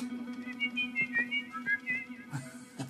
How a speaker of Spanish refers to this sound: Toca algo en el piano y que tus hermanos te acompañen. Sí, hermano. Y silba dos voces.